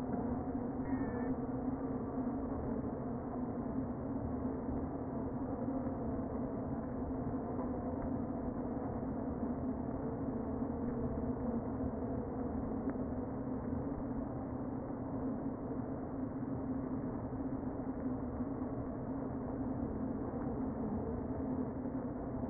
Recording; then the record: honeybee colony, microphone inside the hive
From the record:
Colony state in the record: queen present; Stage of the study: before two queens were removed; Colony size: about 60,000 bees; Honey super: yes